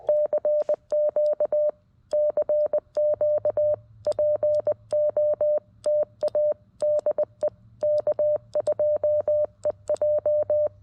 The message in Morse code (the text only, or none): CQ CQ POTA DE K2EJ